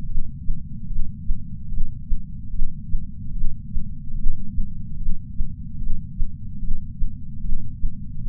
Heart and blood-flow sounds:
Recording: heart sounds by patch sensor on the chest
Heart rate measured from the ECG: 73 bpm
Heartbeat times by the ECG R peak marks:
0.06 s: heartbeat
0.87 s: heartbeat
1.69 s: heartbeat
2.51 s: heartbeat
3.32 s: heartbeat
4.15 s: heartbeat
4.97 s: heartbeat
5.78 s: heartbeat
6.59 s: heartbeat
7.41 s: heartbeat
8.22 s: heartbeat
From the record:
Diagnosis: coronary artery disease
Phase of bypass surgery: intraoperative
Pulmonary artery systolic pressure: 29 mmHg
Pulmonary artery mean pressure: 19 mmHg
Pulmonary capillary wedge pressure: 12 mmHg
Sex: female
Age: 65 years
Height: 153 cm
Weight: 51.5 kg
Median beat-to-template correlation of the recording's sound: 0.95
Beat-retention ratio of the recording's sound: 0.99

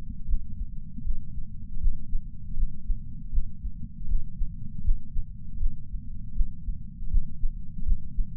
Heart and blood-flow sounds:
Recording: heart sounds by patch sensor on the chest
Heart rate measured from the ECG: 79 bpm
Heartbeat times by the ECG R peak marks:
0.27 s: heartbeat
1.03 s: heartbeat
1.79 s: heartbeat
2.56 s: heartbeat
3.31 s: heartbeat
4.07 s: heartbeat
4.83 s: heartbeat
5.59 s: heartbeat
6.34 s: heartbeat
7.10 s: heartbeat
7.85 s: heartbeat
From the record:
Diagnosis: coronary artery disease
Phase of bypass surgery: postoperative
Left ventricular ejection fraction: 62.4%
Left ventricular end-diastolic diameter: 42 mm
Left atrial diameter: 36 mm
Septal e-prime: 5.8 cm/s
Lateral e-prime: 9.2 cm/s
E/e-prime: 7.3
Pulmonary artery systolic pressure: 36 mmHg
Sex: male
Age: 59 years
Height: 162 cm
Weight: 60 kg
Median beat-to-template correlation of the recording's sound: 0.83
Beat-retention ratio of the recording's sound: 0.99

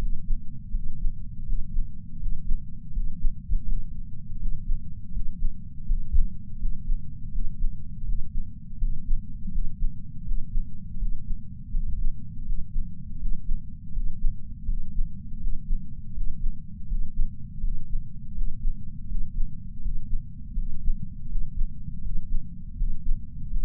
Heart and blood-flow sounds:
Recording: heart sounds by patch sensor on the chest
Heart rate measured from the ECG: 82 bpm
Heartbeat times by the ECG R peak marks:
0.71 s: heartbeat
1.45 s: heartbeat
2.18 s: heartbeat
2.92 s: heartbeat
3.65 s: heartbeat
4.38 s: heartbeat
5.11 s: heartbeat
5.85 s: heartbeat
6.58 s: heartbeat
7.30 s: heartbeat
8.04 s: heartbeat
8.77 s: heartbeat
9.50 s: heartbeat
10.24 s: heartbeat
10.97 s: heartbeat
11.71 s: heartbeat
12.44 s: heartbeat
13.18 s: heartbeat
13.92 s: heartbeat
14.65 s: heartbeat
15.39 s: heartbeat
16.13 s: heartbeat
16.87 s: heartbeat
17.60 s: heartbeat
18.33 s: heartbeat
19.07 s: heartbeat
19.81 s: heartbeat
20.54 s: heartbeat
21.28 s: heartbeat
22.01 s: heartbeat
22.75 s: heartbeat
23.49 s: heartbeat
From the record:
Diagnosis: coronary artery disease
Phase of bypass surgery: postoperative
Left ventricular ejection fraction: 59.1%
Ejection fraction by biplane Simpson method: 55%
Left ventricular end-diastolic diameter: 46 mm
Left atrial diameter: 34 mm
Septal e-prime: 8 cm/s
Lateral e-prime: 6.5 cm/s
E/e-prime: 8.7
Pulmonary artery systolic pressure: 22 mmHg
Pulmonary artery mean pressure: 11 mmHg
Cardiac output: 4.38 L/min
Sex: male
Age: 58 years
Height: 160 cm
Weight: 70 kg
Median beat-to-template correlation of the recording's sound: 0.85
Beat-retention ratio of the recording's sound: 0.99

